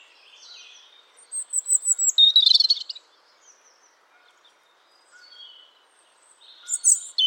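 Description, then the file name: European robin song with thin descending high notes leading into a dense, sparkling trill, then scattered soft notes and another bright phrase beginning at the end. "Erithacus rubecula"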